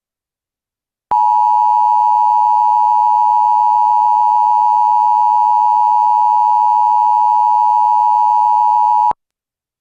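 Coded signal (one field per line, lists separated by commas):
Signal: Emergency Alert System (SAME) tones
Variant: 853 and 960 Hz attention tone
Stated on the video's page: Severe weather alert audio relayed from a monitored EAS relay network during a live stream.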